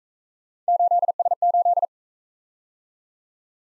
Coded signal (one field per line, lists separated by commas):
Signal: Morse code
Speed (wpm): 39 wpm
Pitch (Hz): 700 Hz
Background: none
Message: 8S8